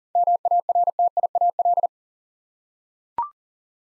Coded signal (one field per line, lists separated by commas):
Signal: Morse code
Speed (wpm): 40 wpm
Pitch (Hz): 700 Hz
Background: none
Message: MARTIAL